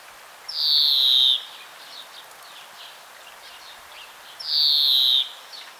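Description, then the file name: European greenfinch giving a long, buzzy, slightly falling wheeze, heard twice about four seconds apart, with faint soft twittering notes in between. "Chloris chloris"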